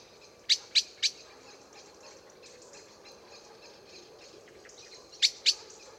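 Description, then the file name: Eurasian blackbird giving abrupt clicking calls, three in a row near the start and two more near the end, against faint twittering of other birds. "Turdus merula"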